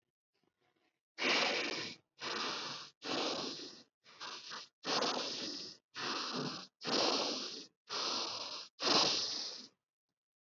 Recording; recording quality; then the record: shallow breathing; excellent, no background noise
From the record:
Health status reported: respiratory illness, not identified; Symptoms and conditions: none ticked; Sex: male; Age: 30 years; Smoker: not ticked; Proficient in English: yes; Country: India